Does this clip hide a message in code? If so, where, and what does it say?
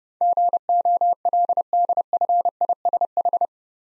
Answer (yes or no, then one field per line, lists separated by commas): yes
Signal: Morse code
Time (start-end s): 0.2-3.5 s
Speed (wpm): 28 wpm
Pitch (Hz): 700 Hz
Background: none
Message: GOLDFISH